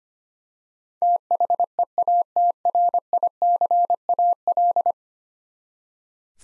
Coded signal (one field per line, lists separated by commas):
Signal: Morse code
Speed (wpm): 25 wpm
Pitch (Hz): 700 Hz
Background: none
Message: THEATRICAL